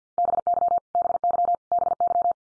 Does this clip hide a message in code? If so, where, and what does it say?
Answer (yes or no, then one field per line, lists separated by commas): yes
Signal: Morse code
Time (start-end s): 0.2-2.3 s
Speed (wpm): 50 wpm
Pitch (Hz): 700 Hz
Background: none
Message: BY BY BY